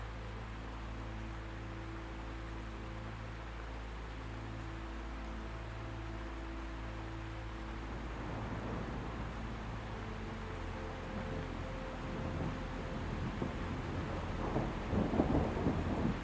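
Thunder rumbles low beneath steady rain hiss, with soft sustained melody tones fading after eight seconds as the storm grows louder near the end.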